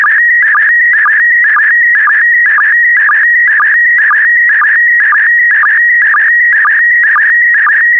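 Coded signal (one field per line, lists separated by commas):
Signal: SSTV (slow-scan television)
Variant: PD120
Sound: warbling high tone with a steady low blip about twice a second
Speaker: complete. You can now check your decoded image against the picture that is shown on the video.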